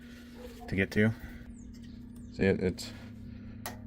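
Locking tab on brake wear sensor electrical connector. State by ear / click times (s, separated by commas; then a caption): released / 3.7 s. While removing the rear brake pads on a 2022 Chevy Suburban, the locking tab on the brake wear-sensor electrical connector is pulled up and out with a finger worked under it as someone talks. A sharp snap is heard at 3.7 s as the tab pops up, releasing the connector lock.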